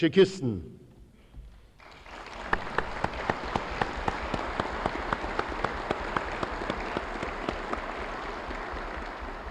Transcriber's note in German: Applaus